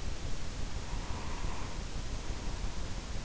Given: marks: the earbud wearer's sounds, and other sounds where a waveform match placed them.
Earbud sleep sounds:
sounds in sleep by an in-ear microphone; breath
0.71-3.17 s: breath

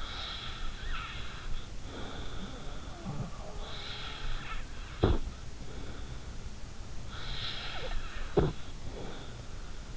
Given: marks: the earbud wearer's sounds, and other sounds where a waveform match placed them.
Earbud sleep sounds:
sounds in sleep by an in-ear microphone; snoring breath
0.00-6.15 s: snoring breath
2.42-4.82 s: sound from someone else or the room
7.09-9.50 s: snoring breath

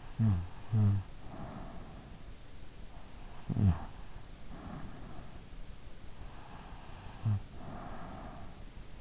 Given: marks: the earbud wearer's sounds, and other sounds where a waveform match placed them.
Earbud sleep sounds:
sounds in sleep by an in-ear microphone; snoring breath
0.00-2.13 s: snoring breath
3.05-5.41 s: snoring breath
6.98-8.62 s: snoring breath

